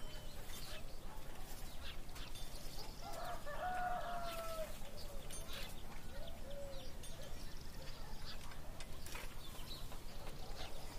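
Town and farm sounds with people at work, a rooster-like call rising around four seconds, scattered clatter and a steady low rumble throughout.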